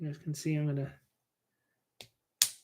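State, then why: Seated. Someone talks briefly, then after a pause a plastic building-brick piece is pressed onto a brick model during a live build. A faint tick comes at 2.0 s, followed by a sharp, loud snap at 2.4 s as the piece seats into place.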